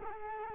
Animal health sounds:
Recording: mosquito wingbeat signal from an infrared sensor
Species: Culex quinquefasciatus

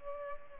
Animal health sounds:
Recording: mosquito wingbeat signal from an infrared sensor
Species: Culex pipiens

